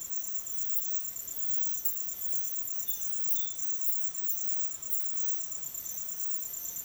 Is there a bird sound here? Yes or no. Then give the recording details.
no. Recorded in dense forest near Puerto Asís, Putumayo, Colombia, on 19 February 2024 at 06:00. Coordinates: 0.505, -76.324. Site G6467